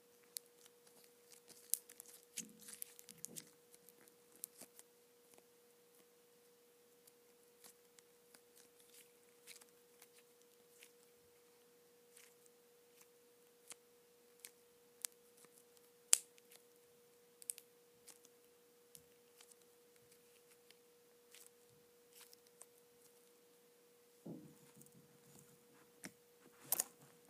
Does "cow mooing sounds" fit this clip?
no